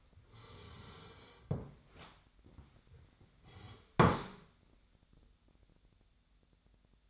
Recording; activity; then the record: daily activity, microphone in the room; sit down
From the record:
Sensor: 3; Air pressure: 1007.8 hPa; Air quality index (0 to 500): 191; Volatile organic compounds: 14 ppm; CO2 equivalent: 2454 ppm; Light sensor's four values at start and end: 12/28/12/12 and 12/28/12/12